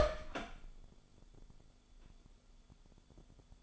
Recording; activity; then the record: daily activity, microphone in the room; open door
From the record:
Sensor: 5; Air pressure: 1015.3 hPa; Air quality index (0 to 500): 207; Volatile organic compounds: 10 ppm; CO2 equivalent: 2246 ppm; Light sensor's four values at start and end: 34/79/31/30 and 35/79/32/30